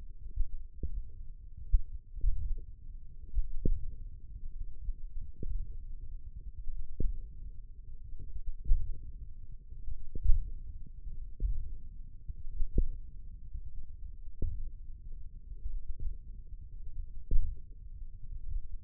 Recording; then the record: forearm muscle sounds (acoustic myography)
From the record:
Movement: hand opening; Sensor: system 1, eight BSWA MPA416 microphones around the upper forearm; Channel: 3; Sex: female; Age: 21 years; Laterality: right